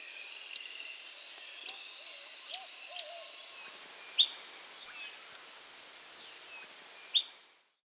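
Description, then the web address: Montane foliage-gleaner calls: isolated sharp, high clicks spaced irregularly, with soft low wavering notes from another source early on before the sound cuts off. South America. "Natures Songs S America Montane Foliage-Gleaner"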